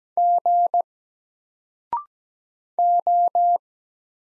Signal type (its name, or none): Morse code